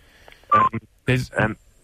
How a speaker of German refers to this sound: Hörst du mich? Ja, ich höre dich. Es piepst aber. Weiß nicht, warum du so. Ja, es piepst. Das nervt. Das geht nicht.